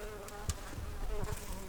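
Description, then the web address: Brown-banded carder bee buzzing, a low steady droning hum with faint overtones, interrupted by a few soft clicks and knocks. Worker bees. "Humilis workers"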